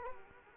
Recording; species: mosquito wingbeat signal from an infrared sensor; Culex quinquefasciatus